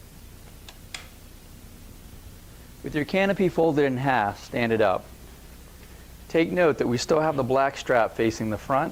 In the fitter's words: Locate your scissor bars and attach them to the U-frames now. They'll snap into place.